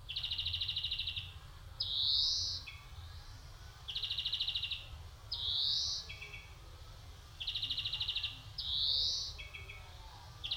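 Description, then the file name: European greenfinch calls: rapid buzzy trills alternating with drawn-out rising wheezes, the pattern repeated several times, with a low background rumble. "Chloris chloris"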